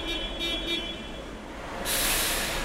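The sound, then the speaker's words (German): A coach bus from Moscow rumbles in at Breslauer Platz in Cologne with a low engine drone and a thin whine, then a sudden loud hiss of air brakes sounds over the last second. “Der Bus aus Moskau trifft endlich ein.”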